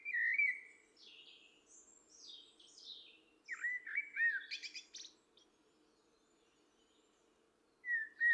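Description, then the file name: Common blackbird singing a mellow whistled note, then high scratchy twittering, then another burst of low warbling ending in squeaks, and a final fluty note after a pause. "Turdus merula"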